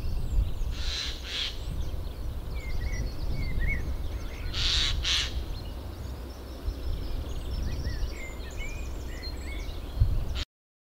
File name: Eurasian jay